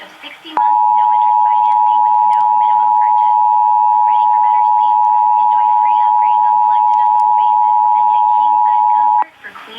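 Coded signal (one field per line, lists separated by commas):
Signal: Emergency Alert System (SAME) tones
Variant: 853 and 960 Hz attention tone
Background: speech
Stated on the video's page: Maryland Required Monthly Test relayed over AM/FM radio and PBS television stations; valid EAS/SAME tones, one FM station slow to relay.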